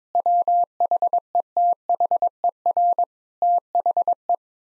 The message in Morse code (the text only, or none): WHETHER THE